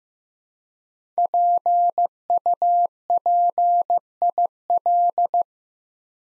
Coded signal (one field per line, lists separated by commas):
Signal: Morse code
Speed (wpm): 15 wpm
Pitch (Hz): 700 Hz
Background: none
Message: PUPIL